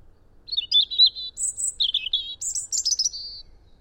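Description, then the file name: European robin song, a lively string of high trilled and whistled notes changing pitch every fraction of a second, with a clean quiet background. "Erithacus rubecula"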